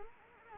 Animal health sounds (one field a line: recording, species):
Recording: mosquito wingbeat signal from an infrared sensor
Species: Anopheles arabiensis